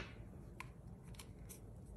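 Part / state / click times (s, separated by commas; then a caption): printed shoulder joint piece into doll torso cavity / seated / 0.6 s. A printed shoulder joint piece is pushed into the cavity on the other side of a printed plastic doll torso and snaps in with a sharp click at 0.6 s, seating the joint. Fainter clicks follow around 1.2 s over a steady low background hum.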